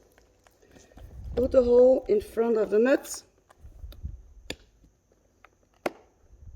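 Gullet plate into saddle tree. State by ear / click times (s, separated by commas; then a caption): seated / 5.9 s. Someone talks while a gullet plate is pressed into the soft tree of an EDIX saddle until its hole lines up in front of the nut, with a few faint knocks and taps in between. At 5.9 s a sharp click rings out as the gullet plate seats correctly in the saddle tree.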